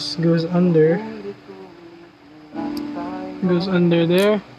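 A plastic model kit part is handled as it is positioned to fit underneath its mating part, while someone talks over background music. Nothing has seated or clicked yet by the end of the clip.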